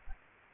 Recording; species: mosquito wingbeat signal from an infrared sensor; Aedes aegypti